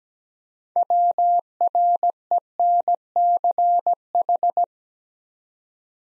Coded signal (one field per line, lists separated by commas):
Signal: Morse code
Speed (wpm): 17 wpm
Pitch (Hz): 700 Hz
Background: none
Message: WRENCH